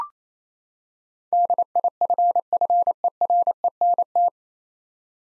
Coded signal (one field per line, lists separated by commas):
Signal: Morse code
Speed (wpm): 28 wpm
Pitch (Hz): 700 Hz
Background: none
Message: DIFFERENT